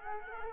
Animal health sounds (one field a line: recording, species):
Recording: mosquito wingbeat signal from an infrared sensor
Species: Culex quinquefasciatus